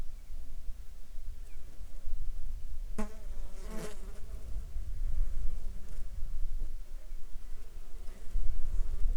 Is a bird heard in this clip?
no